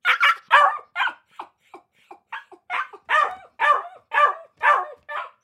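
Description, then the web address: Akita puppy barking steadily at roughly two barks per second, high and rasping, with a few quieter yips between louder ones. Akita puppy barking inside a kennel cage. "dog akita puppy bark in cage kennel"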